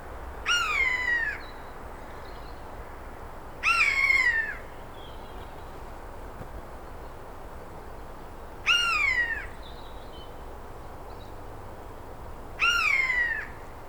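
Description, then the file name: Eurasian jay producing four falling, catlike mewing calls at irregular intervals of three to five seconds, with faint hiss underneath. "Garrulus glandarius"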